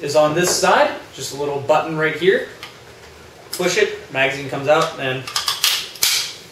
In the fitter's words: clicks back in place